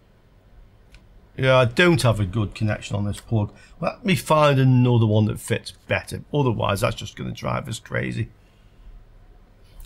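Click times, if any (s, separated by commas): 9.8 s, 9.9 s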